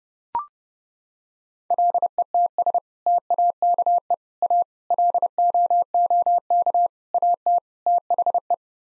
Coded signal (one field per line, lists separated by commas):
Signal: Morse code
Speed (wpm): 29 wpm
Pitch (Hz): 700 Hz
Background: none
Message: LETS TAKE A LOOK AT THE